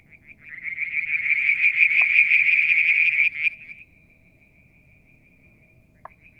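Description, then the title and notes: Frogs: a trill of rapid high pulses that grows louder, then cuts off to a faint tone, with two brief clicks. Striped marsh frog, Verreaux's tree frog and an unidentified frog calling one evening near a water tank at Mount Wilson, New South Wales, Australia, July 2022. "Frog song, Mount Wilson, New South Wales, Australia in July 2022 – by Alexander Moffatt. Limnodynastes Peronii, Litoria Verreauxii and a mystery frog one evening near the water tank"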